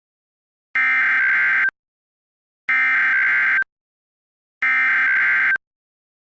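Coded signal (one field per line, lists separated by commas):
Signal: Emergency Alert System (SAME) tones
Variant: header bursts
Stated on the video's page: Mock EAS test, not a real alert.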